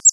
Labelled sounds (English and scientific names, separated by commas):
Grace's Warbler (Setophaga graciae) flight call